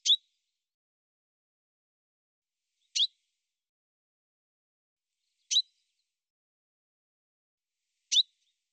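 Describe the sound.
Bird giving four brief, bright high-pitched chirps, spaced roughly every two and a half to three seconds against a silent background.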